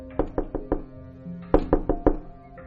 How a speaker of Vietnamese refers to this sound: Lời Dương bà vừa dứt, bỗng dưng bên ngoài có tiếng gõ cửa.